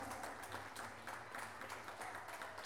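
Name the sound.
audience applause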